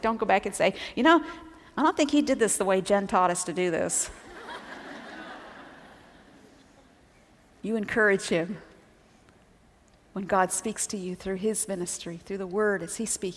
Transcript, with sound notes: Like, don't go back and say, "You know, I don't think he did this the way Jen taught us to do this." [laughter] You encourage him when God speaks to you through his ministry, through the Word as he's speaking it.